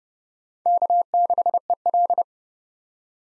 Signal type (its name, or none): Morse code